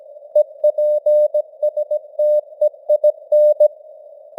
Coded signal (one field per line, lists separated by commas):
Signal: Morse code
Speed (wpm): 17 wpm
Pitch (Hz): 600 Hz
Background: none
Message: EPSTEIN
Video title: Morse Code News | 2025-11-16 | 17wpm